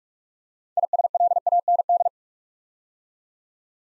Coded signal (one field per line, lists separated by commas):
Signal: Morse code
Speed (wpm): 44 wpm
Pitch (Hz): 700 Hz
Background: none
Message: ISLAND